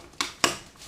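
An attachment clip is popped off its webbing to release it. Two sharp clicks are heard, at 0.2 s and 0.4 s, with the second slightly louder, and the clip comes free of the webbing.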